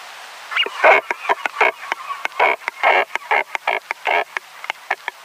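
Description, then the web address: European shag uttering a fast run of rasping, gurgling croaks and sharp clicks, irregularly spaced, with longer harsh notes in the middle of the sequence. "European Shag"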